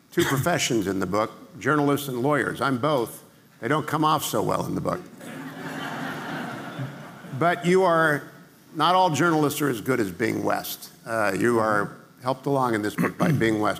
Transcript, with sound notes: two professions in the book – journalists and lawyers. I’m both. They don’t come off so well in the book. (laughing) But you are, not all journalists are as good as Bing West. You are helped along in this book by Bing West.